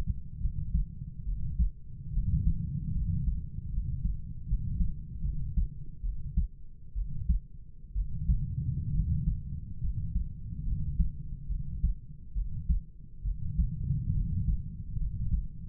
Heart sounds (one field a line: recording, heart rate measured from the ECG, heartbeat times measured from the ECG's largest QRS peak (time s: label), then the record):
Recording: heart sounds by stethoscope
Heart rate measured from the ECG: 70 bpm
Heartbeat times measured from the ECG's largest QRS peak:
0.40 s: heartbeat
1.25 s: heartbeat
2.12 s: heartbeat
2.94 s: heartbeat
3.71 s: heartbeat
4.46 s: heartbeat
5.22 s: heartbeat
6.02 s: heartbeat
6.94 s: heartbeat
7.94 s: heartbeat
8.93 s: heartbeat
9.81 s: heartbeat
10.65 s: heartbeat
11.48 s: heartbeat
12.34 s: heartbeat
13.24 s: heartbeat
14.14 s: heartbeat
14.99 s: heartbeat
From the record:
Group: healthy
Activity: rest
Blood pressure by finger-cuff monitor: 98/45 mmHg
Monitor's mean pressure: 58 mmHg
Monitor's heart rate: 71 bpm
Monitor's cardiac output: 7 L/min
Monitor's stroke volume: 95 mL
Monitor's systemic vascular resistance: 570 dyn s/cm5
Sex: male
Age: 25 years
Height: 170 cm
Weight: 70.4 kg